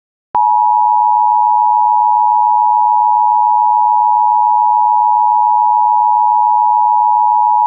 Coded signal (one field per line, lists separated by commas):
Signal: Emergency Alert System (SAME) tones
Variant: 853 and 960 Hz attention tone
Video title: EAS - Your Average SVR I guess